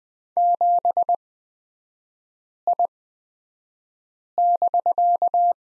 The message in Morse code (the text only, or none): 7I<BK>